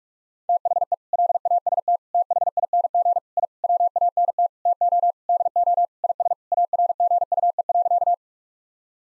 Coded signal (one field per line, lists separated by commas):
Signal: Morse code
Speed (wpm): 42 wpm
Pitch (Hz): 700 Hz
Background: none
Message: THE LAST THING I WANT TO DO IS ARGUE.